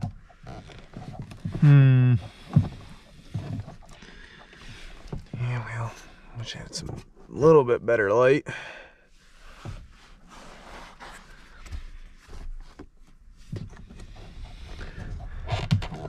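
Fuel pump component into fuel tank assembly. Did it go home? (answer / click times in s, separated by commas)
no / none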